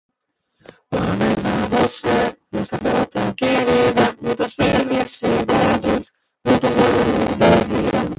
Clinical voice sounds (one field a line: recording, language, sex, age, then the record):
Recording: short text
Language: Brazilian Portuguese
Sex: male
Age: 50 to 59 years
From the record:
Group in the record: control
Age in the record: 50 years